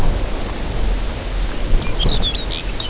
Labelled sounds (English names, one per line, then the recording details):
Lapland Longspur
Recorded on Arctic tundra, site UTQI-0, on 14 June 2019
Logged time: 16:00